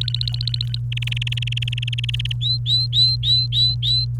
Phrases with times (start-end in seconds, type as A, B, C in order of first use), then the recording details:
0.01-0.78 A, 0.92-2.32 B, 2.42-4.05 C. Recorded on 29 April 2018 at 15:04. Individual llb3